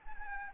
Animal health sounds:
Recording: mosquito wingbeat signal from an infrared sensor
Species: Anopheles arabiensis

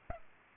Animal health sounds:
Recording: mosquito wingbeat signal from an infrared sensor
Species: Aedes aegypti

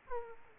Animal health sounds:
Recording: mosquito wingbeat signal from an infrared sensor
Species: Aedes aegypti

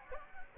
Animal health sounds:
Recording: mosquito wingbeat signal from an infrared sensor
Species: Anopheles gambiae

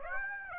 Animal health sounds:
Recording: mosquito wingbeat signal from an infrared sensor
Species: Aedes aegypti

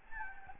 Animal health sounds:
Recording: mosquito wingbeat signal from an infrared sensor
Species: Anopheles gambiae

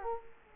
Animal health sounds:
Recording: mosquito wingbeat signal from an infrared sensor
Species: Culex quinquefasciatus

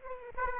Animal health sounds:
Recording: mosquito wingbeat signal from an infrared sensor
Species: Aedes aegypti

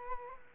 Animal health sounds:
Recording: mosquito wingbeat signal from an infrared sensor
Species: Culex quinquefasciatus

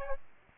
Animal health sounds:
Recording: mosquito wingbeat signal from an infrared sensor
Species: Aedes aegypti

